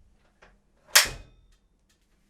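The handlebar stem of a Ninebot ES1 folding electric kick scooter is pulled up until its metal folding latch locks. A faint tap at about 0.4 s is followed by a sharp, loud metallic click at 1.0 s that rings briefly. The click shows the stem latch has seated and the stem is secured.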